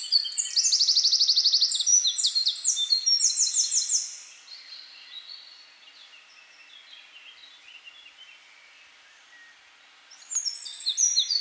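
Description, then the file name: Eurasian wren singing a fast, high-pitched burst of trills and chattering notes for about four seconds, a long quiet gap, then a new song phrase begins. "Troglodytes troglodytes"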